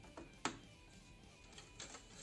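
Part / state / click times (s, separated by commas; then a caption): 24-pin power connector into motherboard socket / seated / 0.4 s. A 24-pin ATX power plug is pushed into a motherboard socket, and its latch clicks at 0.5 s with a sharp, bright snap, confirming the connector is seated. Softer taps sound around 0.2 s and 1.8 s over a faint steady background.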